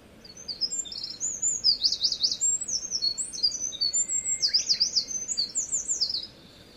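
Wren song, a long rapid outpouring of high, shrill trills and warbled notes lasting about six seconds, with zigzag rattling bursts mixed in among quick twittering phrases.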